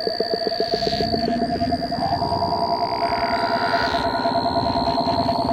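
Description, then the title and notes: Frogs or toads calling in a dense chorus: fast pulsed trains, a sustained high whistle-like tone and overlapping low croaks throughout. Every sound is a frog or toad; recorded December 2017. "every sound you hear on this is a frog or a toad - Bill Austin = Toad Wrangler - recorded December 2017"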